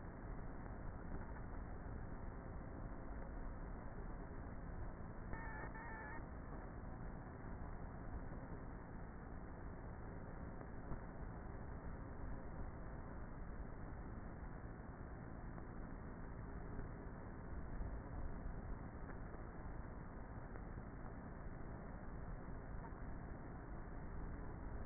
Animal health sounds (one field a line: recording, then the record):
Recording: honeybee colony, microphone inside the hive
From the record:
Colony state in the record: queenless with a low population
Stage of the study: before two queens were removed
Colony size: about 30,000 bees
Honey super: no